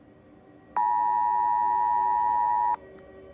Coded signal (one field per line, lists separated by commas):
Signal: Emergency Alert System (SAME) tones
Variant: 853 and 960 Hz attention tone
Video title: EAS Scenario 29: The Invasion of Lord Garmadon